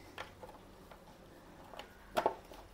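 A rubber cover, sprayed with glass cleaner as a lubricant, is being pushed back onto its spot by a motorcycle air filter housing. Faint scuffs and soft taps of handling are heard, with a louder pair of knocks near the end. Nothing has seated or clicked yet.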